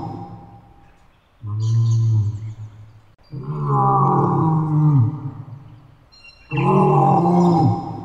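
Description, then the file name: Lioness gives three deep, drawn-out moaning roars, the last cut off at the end. Female lion. "naarasleijona"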